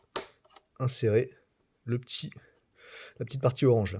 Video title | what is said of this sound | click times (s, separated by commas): 🔋 Comment Remplacer la Batterie sur une Citroën DS4 2.0 HDI (TUTO COMPLET Spécial Hiver) ❄️ | Donc ça se clipse et ensuite tu viens | 0.2 s